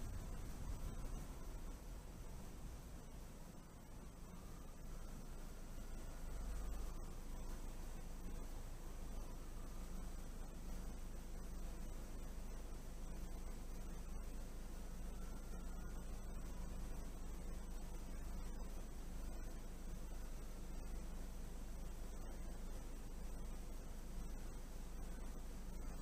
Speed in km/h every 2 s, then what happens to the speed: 6, 0, 0, 0, 0, 0, 0, 0, 0, 0, 0, 0, 0.
0-2 slows to 0. 2-26 standing.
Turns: none.